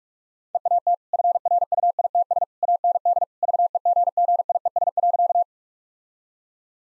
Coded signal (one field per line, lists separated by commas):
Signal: Morse code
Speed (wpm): 41 wpm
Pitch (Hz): 700 Hz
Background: none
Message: EAT FRUITS AND VEGGIES.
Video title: Easy Sentences with Hints - 45wpm